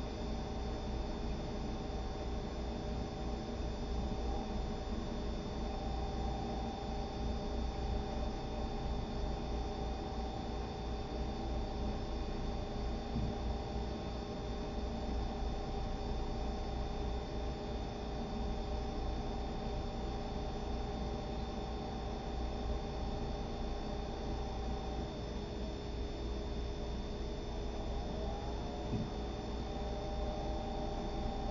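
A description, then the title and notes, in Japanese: Kitchen noise dominated by a steady, dense mechanical hum, like an appliance running, with a deep rumble underneath and several fixed whining tones above. Level stays even throughout. Around 25 to 28 seconds one of the tones wavers and shifts briefly before settling. キッチンでの物音。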